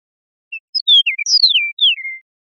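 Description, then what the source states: Eastern meadowlark with a bright whistled phrase: a soft introductory note, quick downward slurs, then a drawn-out falling whistle at the end. Recorded in Costa Rica.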